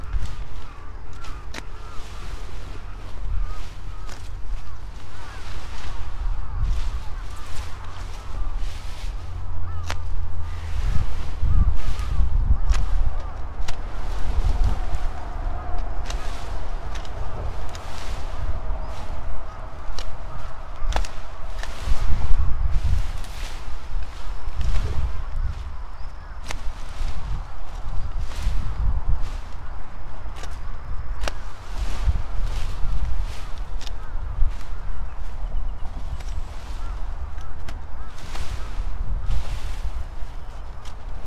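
Overgrown sweet potato vines are cut away at the base of each plant, with frequent short, sharp snips and swishes of foliage through the whole stretch. A low rumble and faint outdoor background run steadily underneath, with a few louder rustles near the middle.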